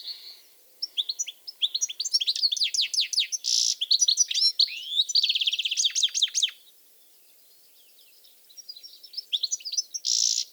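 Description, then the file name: European goldfinch giving a lively twittering song of rapid bright notes and buzzy rattles, falling silent for a couple of seconds before a short buzzy phrase. "Carduelis carduelis"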